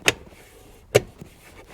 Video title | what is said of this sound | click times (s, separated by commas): 2012-2017 Toyota Camry Cabin Filter Replacement How To DIY | so we'll keep that pointing up set this in like that push it in until it snaps | 0.1 s, 1.0 s